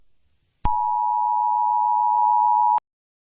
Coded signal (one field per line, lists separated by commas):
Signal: Emergency Alert System (SAME) tones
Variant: 853 and 960 Hz attention tone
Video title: scary angel EAS